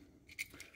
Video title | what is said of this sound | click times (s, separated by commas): Patriot Prime Reviews WFC Kingdom Huffer | press the legs together you'll hear them snap and now | 0.4 s